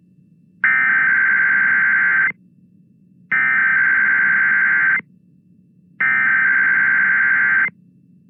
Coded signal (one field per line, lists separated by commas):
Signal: Emergency Alert System (SAME) tones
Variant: header bursts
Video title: EAS 4099-4106: Required Weekly Tests From 12/07/22